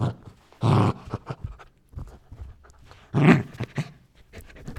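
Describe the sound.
Dog growling, two loud rough snarls separated by quieter grumbling and panting breaths.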